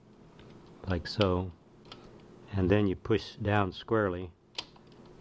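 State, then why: Seated. Someone talks while a plastic ribbon cassette is pushed down squarely into the carriage of a Smith Corona typewriter that won't type, after the ribbon has been tightened and the tape threaded between the print roller and the ribbon guide. A sharp click at 4.6 s marks the cassette seating in place.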